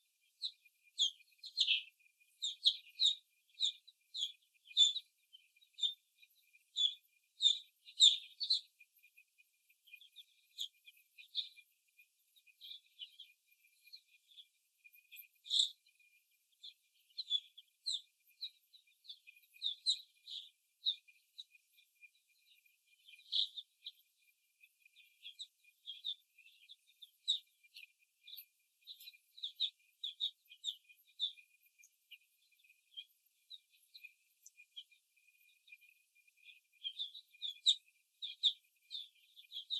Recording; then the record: young laying hens in a cage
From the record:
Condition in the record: before the stressor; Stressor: simulated dog barking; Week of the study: 1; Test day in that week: 2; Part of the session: 3